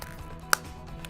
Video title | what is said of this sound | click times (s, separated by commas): Installing Roll-off on Scott Prospect | That's when you know it's locked into place. | 0.5 s